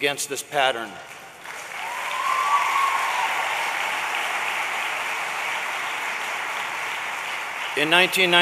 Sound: applause